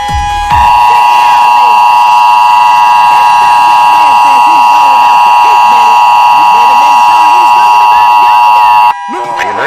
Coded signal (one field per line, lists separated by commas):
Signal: Emergency Alert System (SAME) tones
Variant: 853 and 960 Hz attention tone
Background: speech, music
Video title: EAS Mock - The infamous Hawaiian missile threat, except it wasn't a hoax